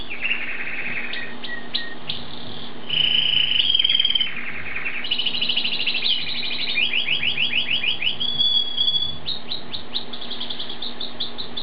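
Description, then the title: Bird singing nonstop, mixing buzzy passages, a sustained whistled tone and fast series of repeated down-slurred notes, over a constant low hum. "burung online"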